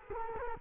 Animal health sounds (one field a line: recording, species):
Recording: mosquito wingbeat signal from an infrared sensor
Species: Culex quinquefasciatus